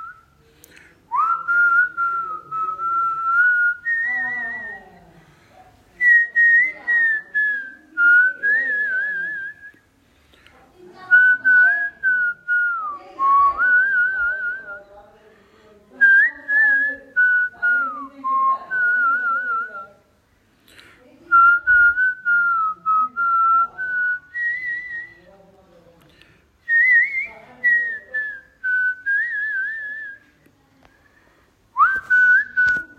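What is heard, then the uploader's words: Someone whistles a wavering, mid-high tune in phrases of a few seconds each, separated by brief silences. Whistling.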